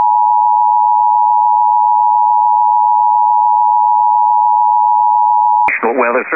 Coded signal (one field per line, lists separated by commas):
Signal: Emergency Alert System (SAME) tones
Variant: 853 and 960 Hz attention tone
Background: speech